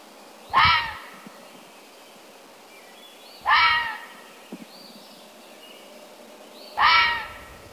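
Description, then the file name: Fisher calls: three harsh, harmonic, slightly falling squalls about three seconds apart, with faint higher squeaks and a few soft clicks between them. "Fisher cat sound"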